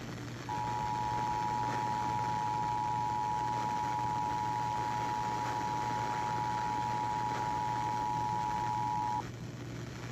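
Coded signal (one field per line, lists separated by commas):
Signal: Emergency Alert System (SAME) tones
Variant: 853 and 960 Hz attention tone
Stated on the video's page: Tornado, severe thunderstorm, watch and monthly test alerts from Dallas-Fort Worth NOAA Weather Radio (162.550 MHz) and local AM, FM and TV stations.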